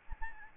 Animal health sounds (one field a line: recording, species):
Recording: mosquito wingbeat signal from an infrared sensor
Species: Aedes albopictus